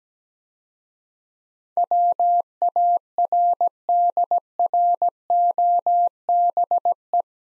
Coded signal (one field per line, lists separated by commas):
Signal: Morse code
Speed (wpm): 17 wpm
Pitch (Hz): 700 Hz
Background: none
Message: WARDROBE